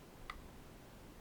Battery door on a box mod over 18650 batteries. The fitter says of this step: doing that now that is locked into place so you can put in